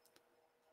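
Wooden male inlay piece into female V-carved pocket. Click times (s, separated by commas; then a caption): 0.2 s. A wooden male inlay piece is turned, lined up and pressed into its female V-carved pocket, locking in with a faint, brief click at 0.2 s. The click is very quiet over a low background hiss, and the piece is seated.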